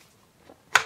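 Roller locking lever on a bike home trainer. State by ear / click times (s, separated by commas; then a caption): seated / 0.8 s. The small manual locking lever on a Tacx Satori Smart 2017 home trainer, which presses the trainer's roller against the bike's rear tyre, is flipped from unlocked to locked. After a faint, soft rustle, a single sharp snap rings out at 0.8 s and decays briefly. The lever is now firmly locked, so the roller is held against the tyre and the wheel will not move.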